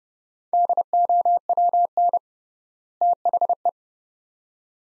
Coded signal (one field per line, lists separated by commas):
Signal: Morse code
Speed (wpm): 30 wpm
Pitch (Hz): 700 Hz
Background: none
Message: DOWN THE